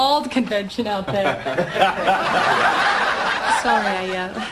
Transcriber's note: laughter